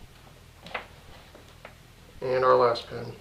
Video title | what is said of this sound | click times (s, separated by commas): How to repair automotive wire harness connectors, pigtails: B27A3 | it wait for the click and | 0.7 s